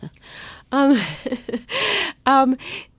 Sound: laughter